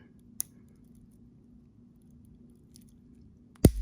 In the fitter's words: until we hear it snap there it is